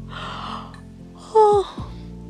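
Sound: long yawn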